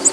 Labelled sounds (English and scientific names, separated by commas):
Black-throated Green Warbler (Setophaga virens) flight call